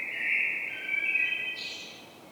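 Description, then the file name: Common blackbird, one drawn-out fluted phrase finishing with a short high-pitched twitter. "Turdus merula"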